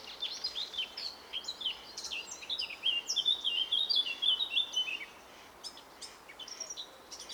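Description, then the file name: Eurasian blackcap song, a fast, scratchy warble of varied high notes, turning to a brighter fluting run midway, then fading into sparse chirps. "Sylvia atricapilla"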